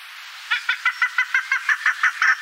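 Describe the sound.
Chukar calls, a rapid rhythmic series of clucking notes, each a short harmonic burst.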